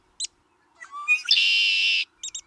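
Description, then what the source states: Red-winged blackbird song: a short high note, a few soft lower notes, then a long harsh buzzing trill, ending with two quick high notes. Early-spring indicator; singing males already being reported in swamps and marshes, late February.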